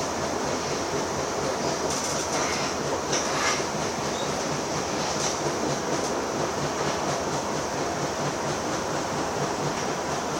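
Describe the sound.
An underground train rolls along steadily, a dense, even rumble filling the low and middle range with a fast rhythmic rattle of wheels on track. Brief bright hisses and squeals flare around two to four seconds and again near five and six seconds.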